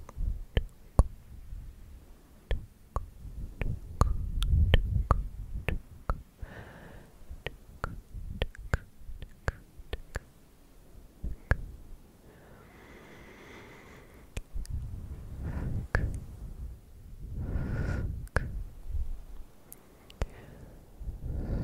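Dry mouth sounds: sharp tongue clicks and tk-tk taps scattered irregularly, sometimes in quick bursts, over a soft low rumble of breath. Wet, swelling sk-sk smacks rise around the middle and again near the end, with brief quiet gaps between.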